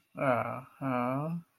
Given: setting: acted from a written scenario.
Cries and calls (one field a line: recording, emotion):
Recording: vocal sound without words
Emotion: embarrassment